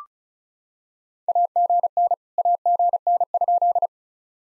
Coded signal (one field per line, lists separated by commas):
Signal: Morse code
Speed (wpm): 36 wpm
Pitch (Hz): 700 Hz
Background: none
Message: AGN AGN?